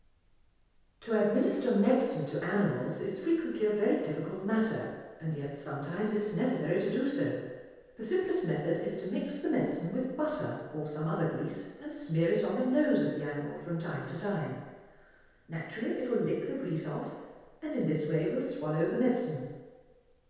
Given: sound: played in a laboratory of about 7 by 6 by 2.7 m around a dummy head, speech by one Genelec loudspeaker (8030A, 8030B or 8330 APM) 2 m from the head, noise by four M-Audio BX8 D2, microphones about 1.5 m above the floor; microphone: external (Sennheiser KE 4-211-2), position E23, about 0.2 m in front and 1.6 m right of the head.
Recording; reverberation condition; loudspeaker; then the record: female speech in English; high; 60 degrees to the left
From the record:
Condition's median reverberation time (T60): about 1300 ms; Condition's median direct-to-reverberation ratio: about -4.0 dB